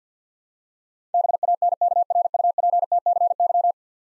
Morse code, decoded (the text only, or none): BANKRUPTCY